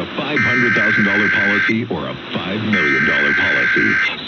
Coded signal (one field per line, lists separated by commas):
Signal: Emergency Alert System (SAME) tones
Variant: header bursts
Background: speech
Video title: Early March Weekend Tests (EAS #16402-16407) 3/2-3/24